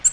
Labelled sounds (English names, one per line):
Nashville Warbler flight call